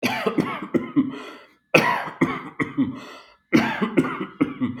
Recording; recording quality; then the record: shallow voluntary cough; excellent, no background noise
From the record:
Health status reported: exposed to COVID-19, no respiratory illness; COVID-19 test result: negative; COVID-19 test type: rapid antigen test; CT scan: not taken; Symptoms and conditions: cold, fatigue, muscle pain, diabetes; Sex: male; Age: 52 years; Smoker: no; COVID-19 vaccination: both doses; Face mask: not worn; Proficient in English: yes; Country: India